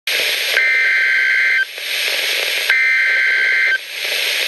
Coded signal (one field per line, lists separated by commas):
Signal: Emergency Alert System (SAME) tones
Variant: header bursts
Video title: Severe Thunderstorm Warning #4 - 06/16/14 (EAS #705)